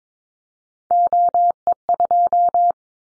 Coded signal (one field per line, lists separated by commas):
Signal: Morse code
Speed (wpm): 22 wpm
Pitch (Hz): 700 Hz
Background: none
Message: OE2